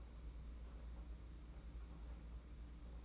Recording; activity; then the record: daily activity, microphone in the room; open fridge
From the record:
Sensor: 1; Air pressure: 991.9 hPa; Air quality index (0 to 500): 205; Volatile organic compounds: 1000 ppm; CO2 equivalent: 7943 ppm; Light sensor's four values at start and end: 29/102/39/40 and 29/102/39/40